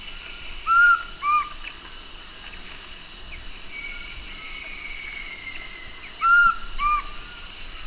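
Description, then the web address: Large-headed flatbill calling: a pair of short whistled notes, the second lower, given twice about five and a half seconds apart over a steady insect hum. Recorded in Ecuador. "S America Birds of Ecuador. Large-headed Flatbill"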